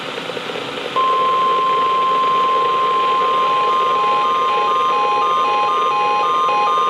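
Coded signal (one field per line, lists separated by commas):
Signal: Emergency Alert System (SAME) tones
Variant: 1050 Hz attention tone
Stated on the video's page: NOAA weather radio alerts from transmitters on 162.450 and 162.475 MHz, received on Sangean CL100, Reecom R1650 and Midland WR120EZ radios.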